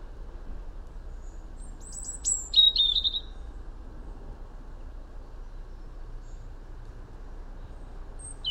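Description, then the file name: European robin song: a single short burst of high, thin notes dropping into a brief trill, then long quiet hiss with a brief high note at the end. "Erithacus rubecula"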